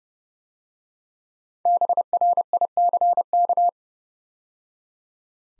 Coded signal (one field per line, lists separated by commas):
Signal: Morse code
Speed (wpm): 30 wpm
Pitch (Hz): 700 Hz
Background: none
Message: BRICK